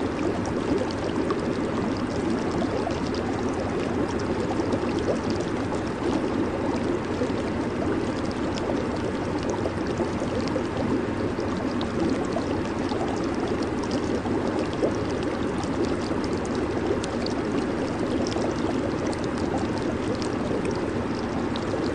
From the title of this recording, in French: Bulles de jacuzzi